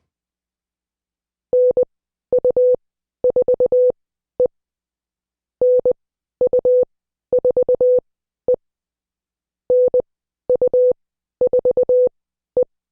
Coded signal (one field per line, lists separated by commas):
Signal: Morse code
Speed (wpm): 20 wpm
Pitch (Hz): 500 Hz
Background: none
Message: NU4E NU4E NU4E